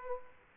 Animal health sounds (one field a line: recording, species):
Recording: mosquito wingbeat signal from an infrared sensor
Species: Aedes aegypti